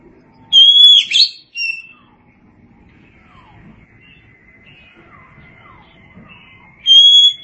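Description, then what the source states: Oriental magpie-robin giving a brief loud whistled phrase, then a long lull with faint thin notes, ending on another clear whistle. Kacer song.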